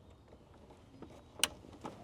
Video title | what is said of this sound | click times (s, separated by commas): TOYOTA TUNDRA WITH JBL - Beat-Sonic Plug & Play Amplifier | and this white one especially make sure you piss it down all the way in you hear that click | 1.4 s